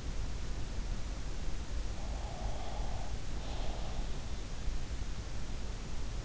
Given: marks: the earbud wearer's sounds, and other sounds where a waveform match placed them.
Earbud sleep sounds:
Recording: sounds in sleep by an in-ear microphone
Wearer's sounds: breath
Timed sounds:
2.10-4.14 s: breath

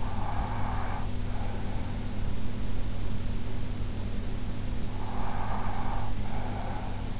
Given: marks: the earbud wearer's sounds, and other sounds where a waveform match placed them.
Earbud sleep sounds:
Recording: sounds in sleep by an in-ear microphone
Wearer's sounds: breath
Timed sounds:
0.09-2.16 s: breath
4.68-7.20 s: breath

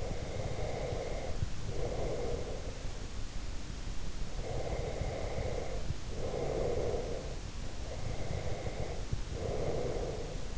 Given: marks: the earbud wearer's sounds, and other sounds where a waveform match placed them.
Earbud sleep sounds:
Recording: sounds in sleep by an in-ear microphone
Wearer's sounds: breath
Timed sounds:
0.00-2.98 s: breath
4.54-7.27 s: breath
7.92-10.58 s: breath

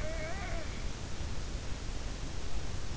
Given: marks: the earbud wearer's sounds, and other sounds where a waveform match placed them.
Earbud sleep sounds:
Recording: sounds in sleep by an in-ear microphone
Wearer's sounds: snoring breath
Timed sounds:
0.01-0.91 s: snoring breath

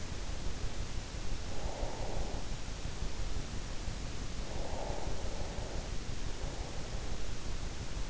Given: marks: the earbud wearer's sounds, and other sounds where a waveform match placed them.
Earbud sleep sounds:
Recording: sounds in sleep by an in-ear microphone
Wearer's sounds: breath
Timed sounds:
0.90-2.55 s: breath
4.30-6.27 s: breath

